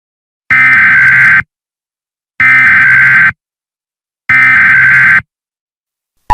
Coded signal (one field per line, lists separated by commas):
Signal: Emergency Alert System (SAME) tones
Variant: header bursts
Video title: EAS Scenario Nightmares